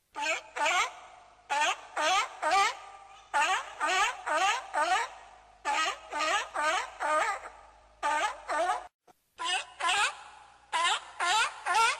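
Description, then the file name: Harbour seal pup bleating repeatedly, short wavering nasal cries grouped in clusters of two to four, with short gaps and one brief silence before the calling resumes. "heuler seehund robbe gerausch"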